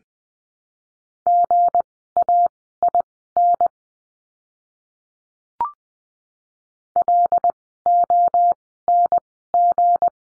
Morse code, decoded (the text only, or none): GAIN LONG